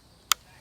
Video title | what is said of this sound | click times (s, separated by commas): How to throw a baitcasting FISHING ROD | like that where you hear a click | 0.3 s